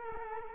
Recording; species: mosquito wingbeat signal from an infrared sensor; Culex quinquefasciatus